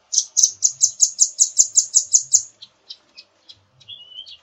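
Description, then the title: Nuthatch gives a fast run of bright, high chips, then several spaced single notes and a thin whistle at the end. "suara burung rambatan"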